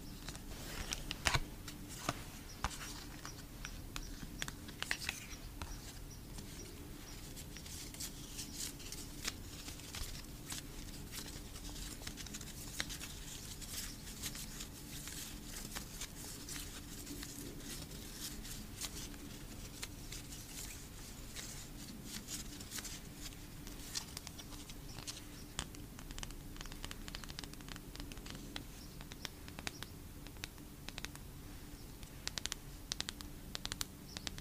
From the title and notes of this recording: Asmr photocard collection. Photocard tapping. Blue yeti microphone.